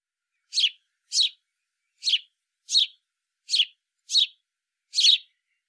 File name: Passer domesticus